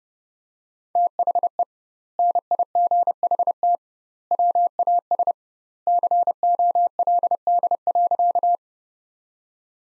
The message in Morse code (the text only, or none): THE NIGHT WAS COLD.